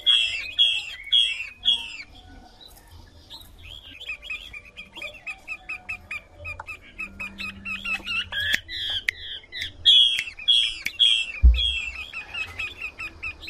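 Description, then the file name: Chinese hwamei song: opens with repeated loud slurred whistles, moves into long quiet chattering and twittering, then ends with more bright whistles and a thump. Female hwamei singing. "Tieng chim hoa mi mai hot"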